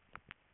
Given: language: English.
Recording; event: throat vibration sensor signal played as sound; swallow